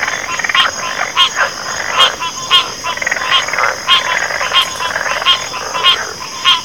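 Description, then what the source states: Frogs calling in a chorus: rough, pulsed croaks that overlap and repeat irregularly, with a steady high hum running underneath. Frogs recorded at night.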